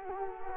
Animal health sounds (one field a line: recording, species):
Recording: mosquito wingbeat signal from an infrared sensor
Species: Culex quinquefasciatus